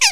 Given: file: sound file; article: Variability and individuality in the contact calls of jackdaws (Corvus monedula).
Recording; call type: jackdaw call; harmonic